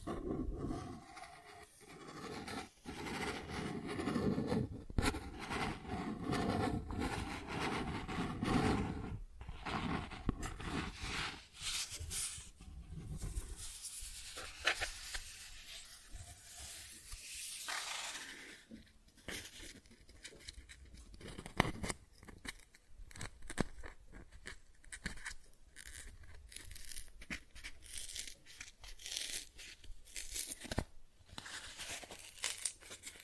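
Cardboard being scratched, rubbed and torn, with dense, rough scraping through the first half and gritty rasps that reach up into a bright hiss. Later the sound thins into separate strokes and sharp tearing snaps that come every second or two, with short quiet gaps between.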